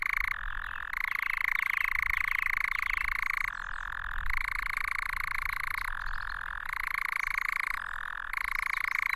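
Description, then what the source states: Nightjar churring: a sustained, fast-pulsed reeling trill that steps between two pitches several times without pause. Churring from its perch at Cannock Chase.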